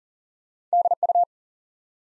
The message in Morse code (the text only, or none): DU